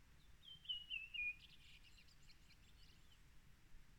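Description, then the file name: Bird call: a short, thin whistled phrase sliding downward in pitch, followed by faint softer chirps over a steady low background hiss. "hvilken fugl er dette"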